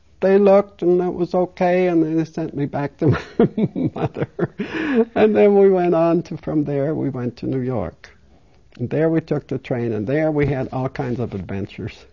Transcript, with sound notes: they looked, and it was okay, and then they sent me back to my mother. (She laughs.) And then we went on, from there we went on to New York. And there we took the train, and there we had all kinds of adventures.